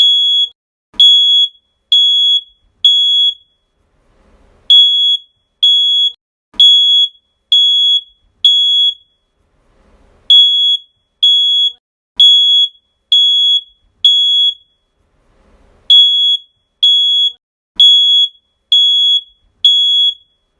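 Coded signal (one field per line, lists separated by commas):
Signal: alarm pattern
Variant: smoke detector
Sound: shrill high beeps in groups of five, short pause between groups, repeating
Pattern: 5 short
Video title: Fire Alarm Beep Sound Effect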